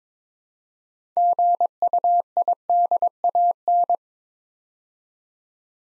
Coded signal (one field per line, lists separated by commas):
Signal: Morse code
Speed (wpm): 22 wpm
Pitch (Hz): 700 Hz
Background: none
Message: GUIDAN